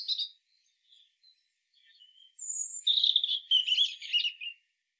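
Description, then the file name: European robin song: scattered thin high notes, then a high whistle and a rich jumbled warbling phrase of varied, tumbling notes. "Erithacus rubecula"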